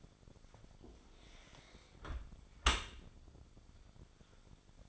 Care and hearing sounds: daily activity, microphone in the room; close dishwasher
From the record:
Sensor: 5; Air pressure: 1006.8 hPa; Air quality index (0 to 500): 183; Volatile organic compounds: 5 ppm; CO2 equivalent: 1747 ppm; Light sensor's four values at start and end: 54/150/59/59 and 51/142/56/56

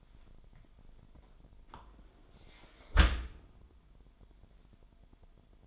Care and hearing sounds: daily activity, microphone in the room; close dishwasher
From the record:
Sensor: 5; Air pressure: 998.3 hPa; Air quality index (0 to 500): 86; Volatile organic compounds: 2 ppm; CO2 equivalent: 985 ppm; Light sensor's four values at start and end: 19/46/19/21 and 19/45/19/21

